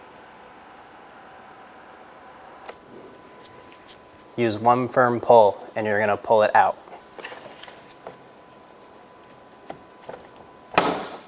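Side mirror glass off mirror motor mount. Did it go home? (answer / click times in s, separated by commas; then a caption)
released / 10.8 s. Old side mirror glass on a 2012-2016 Subaru Impreza is pulled off the mirror motor backing plate with one firm pull. Someone talks, a few faint ticks follow, and then the plastic clips let go with a sharp, loud pop at 10.8 s as the glass comes free.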